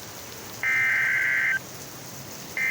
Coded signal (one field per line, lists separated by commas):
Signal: Emergency Alert System (SAME) tones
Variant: header bursts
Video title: 5/12/22 - Tornadic squall line coming through aberdeen sd (EAS #49)